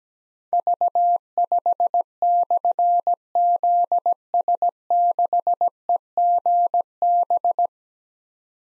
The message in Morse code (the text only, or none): V5/ZS6EGB